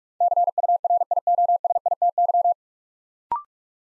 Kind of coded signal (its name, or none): Morse code